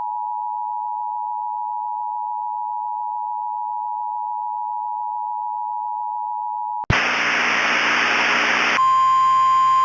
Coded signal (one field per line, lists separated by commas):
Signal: Emergency Alert System (SAME) tones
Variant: 853 and 960 Hz attention tone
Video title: EAS Mock: Tornado Warning (Requested)